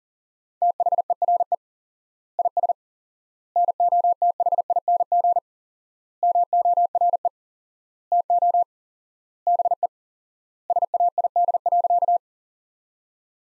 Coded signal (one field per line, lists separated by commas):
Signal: Morse code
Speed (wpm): 40 wpm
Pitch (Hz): 700 Hz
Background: none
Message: THERE IS NOTHING MORE TO BE SAID.